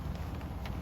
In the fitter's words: here's the water one just snaps right into place